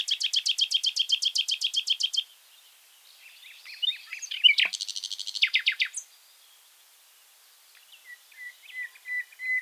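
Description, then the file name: Common nightingale song beginning with a long rapid trill of repeated notes, then a scratchy jumbled phrase and a few soft whistles. "Luscinia megarhynchos"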